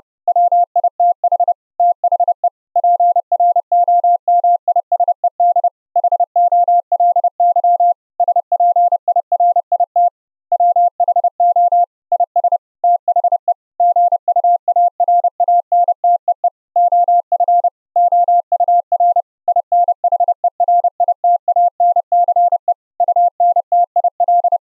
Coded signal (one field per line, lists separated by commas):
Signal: Morse code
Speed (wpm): 30 wpm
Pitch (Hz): 700 Hz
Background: none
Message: WITH THE PROMISED HOLY SPIRIT WHO IS THE GUARANTEE OF OUR INHERITANCE UNTIL